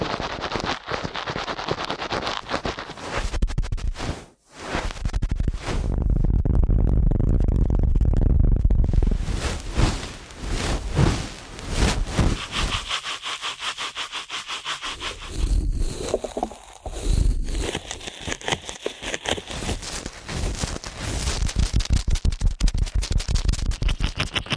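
Ear cleaning at a very fast pace, a dense run of rapid scratching and rubbing that crackles almost without pause. A deep rumbling swell fills roughly five to ten seconds, a brief silence falls near the four-second mark, and short dips break the rhythm around sixteen seconds.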